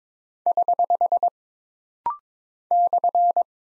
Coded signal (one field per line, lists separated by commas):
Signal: Morse code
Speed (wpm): 22 wpm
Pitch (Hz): 700 Hz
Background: none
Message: <HH> /